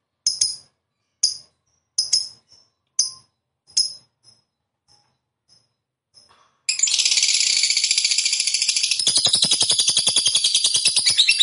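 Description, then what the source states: Lovebird song: spaced sharp chirps and faint ticks, then a long, loud, unbroken rapid buzzing chatter filling the rest. Lovebird of the 'fighter' type, 'gacor' (singing actively).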